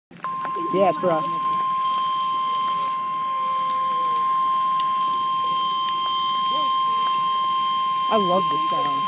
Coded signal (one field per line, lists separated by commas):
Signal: Emergency Alert System (SAME) tones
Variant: 1050 Hz attention tone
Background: speech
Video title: Severe T-Storm Watch #365 (EAS #900!!!)